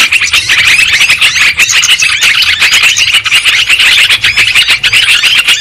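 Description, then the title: Lovebird chatter: sharp, shrill squeaky high notes overlapping continuously with no pauses. Lovebird sounds used as a lure for trapping birds. "PIKAT BURUNG LOVEBIRD"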